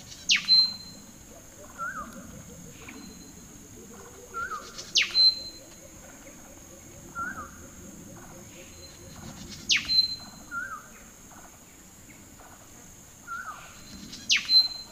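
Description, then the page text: Black-throated fantail calling: harsh, abrupt downslurred notes with a high ringing tail, repeated about every four to five seconds, alternating with softer mid-pitched slurred notes. "Rhipidura maculipectus"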